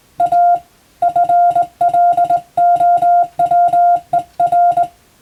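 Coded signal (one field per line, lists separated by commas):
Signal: Morse code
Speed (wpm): 21 wpm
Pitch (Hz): 700 Hz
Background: none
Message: A FLOWER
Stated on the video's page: Morse receiving practice for the Japanese radiotelegraph operator national exam, using English-language telegram practice text.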